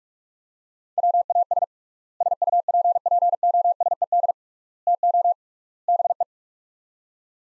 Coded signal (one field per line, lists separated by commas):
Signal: Morse code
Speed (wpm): 45 wpm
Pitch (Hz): 700 Hz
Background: none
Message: WAS SUPPOSED TO BE